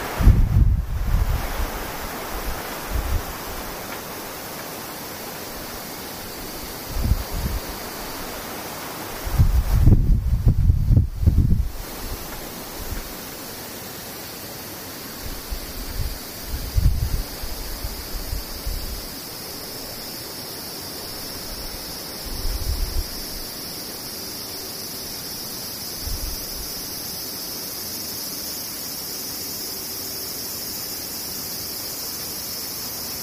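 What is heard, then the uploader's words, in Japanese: Cicadas buzz in a steady high drone throughout while wind gusts rumble low across the microphone, strongest around ten seconds, then weaker. セミ風音。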